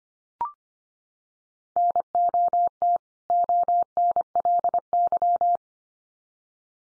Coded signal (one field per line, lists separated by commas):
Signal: Morse code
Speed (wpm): 25 wpm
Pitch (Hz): 700 Hz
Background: none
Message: NOT ONLY